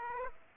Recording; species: mosquito wingbeat signal from an infrared sensor; Aedes aegypti